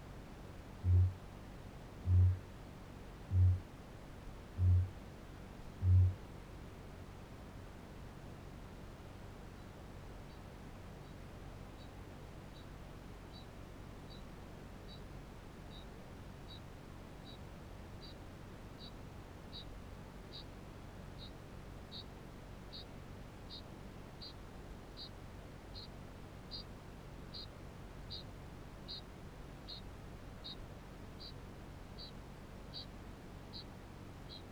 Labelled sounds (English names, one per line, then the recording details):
Kākāpō boom
Kākāpō ching call
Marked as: faintness 2/5, faintness 5/5, faintness 4/5, faintness 3/5
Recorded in New Zealand
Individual Barnard